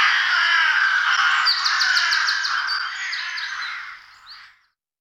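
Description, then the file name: Rook calls: a thick mass of grating caws with rapid rattling notes in the middle, fading out toward the end before falling silent. "Gawron"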